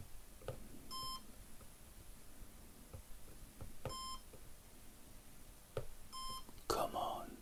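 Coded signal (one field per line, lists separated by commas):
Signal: none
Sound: a computer program's error beeps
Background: speech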